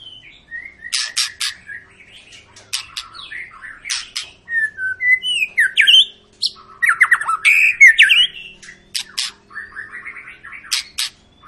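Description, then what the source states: White-rumped shama song of scattered whistles and sharp clicks building into a fast, loud medley of slurred notes, then fading to softer calls. Long lure song of a vigorously singing (gacor) shama, used to stimulate other birds to sing.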